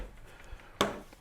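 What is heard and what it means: The belt guide is popped off the top of the grinding attachment on a Work Sharp Ken Onion Edition Mk.2 powered knife sharpener to change the belt. After a quiet stretch, one sharp hit sounds at 0.8 s and decays quickly. The guide releases from the attachment.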